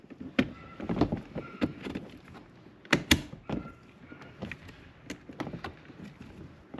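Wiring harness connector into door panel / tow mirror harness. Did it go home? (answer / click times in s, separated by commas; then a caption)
yes / 2.9 s, 3.1 s. While refitting the door panel on a 2024 ZR2 Duramax, the door wiring harness plugs are connected to the wiring of new Boost Auto bolt-in tow mirrors, with scattered handling knocks and rustles throughout. Two sharp clicks at 2.9 s and 3.1 s mark the harness connectors seating fully into place.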